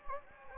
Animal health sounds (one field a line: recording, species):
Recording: mosquito wingbeat signal from an infrared sensor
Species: Anopheles gambiae